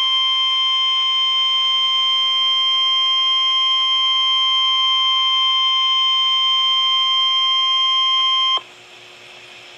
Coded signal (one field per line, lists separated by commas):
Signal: Emergency Alert System (SAME) tones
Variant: 1050 Hz attention tone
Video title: Required Weekly Test - 08/25/10 (EAS #62)